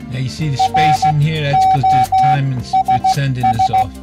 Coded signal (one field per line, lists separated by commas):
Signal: Morse code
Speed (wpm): 15 wpm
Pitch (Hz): 760 Hz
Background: speech, music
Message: ROSS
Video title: 7 GREAT CW LEARNING SITES / LEARN MORSE CODE WEBSITES